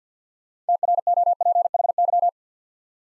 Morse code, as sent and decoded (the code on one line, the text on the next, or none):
- .-. --- .--. .... -.--
TROPHY